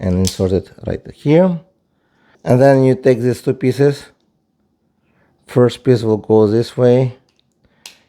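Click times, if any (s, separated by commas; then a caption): 7.9 s. Someone talks while reassembling a Nissan 2023–2024 remote key fob after replacing its coin battery, then presses the two plastic case halves together from both sides over the battery. A few faint ticks come at about 7.4–7.7 s, followed by a sharp snap at 7.9 s as the halves click shut and seat, fully closed.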